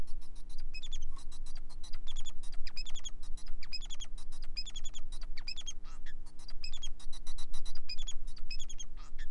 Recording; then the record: song of a male Bengalese finch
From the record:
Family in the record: son of father 4